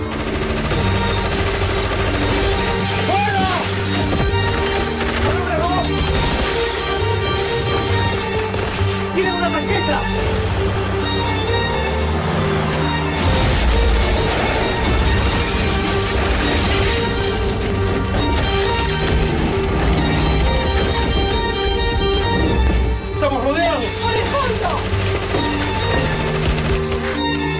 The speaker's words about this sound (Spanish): La ráfaga de ametralladora destroza a cuatro hombres robot que se descolgaban desde las casas vecinas.